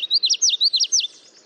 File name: Bird Note (Common Yellowthroat)